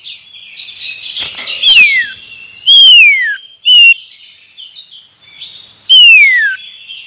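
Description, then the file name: Common iora song: two long, high whistles sliding steeply downward, separated by a short flat note, over dense twittering. Male. "suara burung cipoh jantan"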